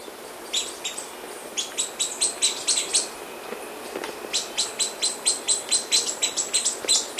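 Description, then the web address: Flavescent flycatcher calling in rapid series of sharp, high chips, two bursts of repeated notes, the second longer, with faint background hiss. Recorded in Ecuador. "Birds of Ecuador. Flavescent Flycatcher"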